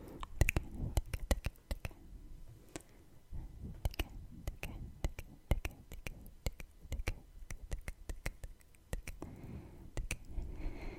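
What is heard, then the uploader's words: Sharp tongue clicks and wet mouth sounds snap in quick irregular bursts over soft low rustling and breathing. ASMR Mouth Sounds (Tongue clicking, Kissing sounds, Breathing, Face Touching).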